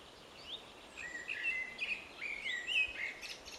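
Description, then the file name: Eurasian blackbird giving a run of short chirped and warbled notes over a steady background hiss. "Turdus merula"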